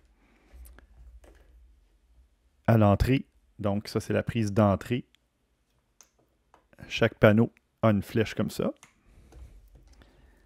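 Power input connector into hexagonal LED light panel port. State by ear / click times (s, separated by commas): not seated / none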